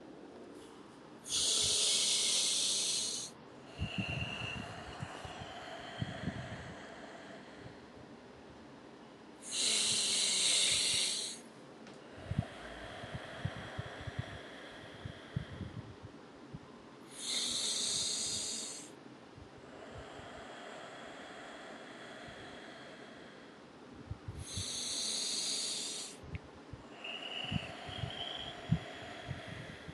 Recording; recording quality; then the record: deep breathing; excellent, no background noise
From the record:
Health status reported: COVID-19 positive, mild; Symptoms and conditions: cough, cold, sore throat, fever, fatigue, loss of smell and taste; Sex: male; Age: 27 years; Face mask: not worn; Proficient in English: yes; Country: India